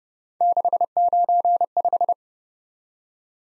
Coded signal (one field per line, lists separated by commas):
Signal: Morse code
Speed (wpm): 30 wpm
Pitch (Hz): 700 Hz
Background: none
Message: 695